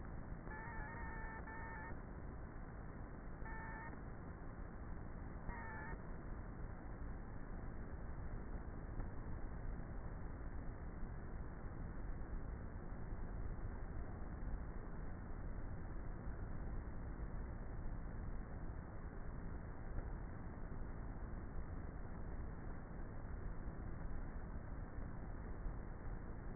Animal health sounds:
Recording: honeybee colony, microphone inside the hive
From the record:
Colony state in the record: queenless with a low population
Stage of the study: before two queens were removed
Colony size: about 30,000 bees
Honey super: no

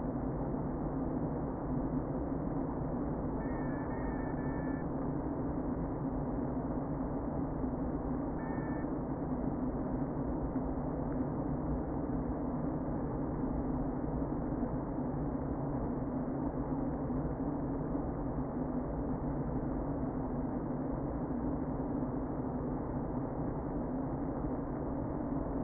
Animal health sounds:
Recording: honeybee colony, microphone inside the hive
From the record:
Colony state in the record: queen present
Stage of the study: before two queens were removed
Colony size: about 60,000 bees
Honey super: yes

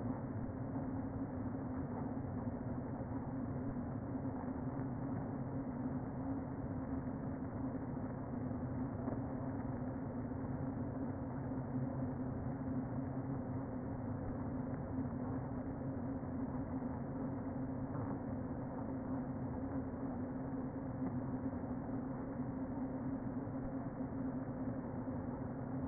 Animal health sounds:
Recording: honeybee colony, microphone inside the hive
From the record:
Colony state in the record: queen present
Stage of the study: before two queens were removed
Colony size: about 60,000 bees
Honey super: yes

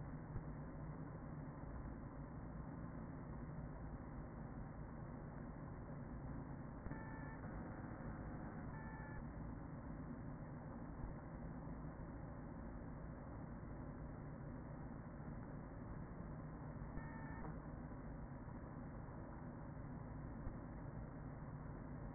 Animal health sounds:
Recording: honeybee colony, microphone inside the hive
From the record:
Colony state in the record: queen present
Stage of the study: after two queens were removed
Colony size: about 40,000 bees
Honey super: no

